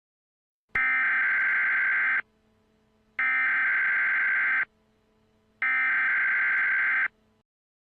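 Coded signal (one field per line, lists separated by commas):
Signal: Emergency Alert System (SAME) tones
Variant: header bursts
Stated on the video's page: Fictional EAS scenario with simulated SAME tones.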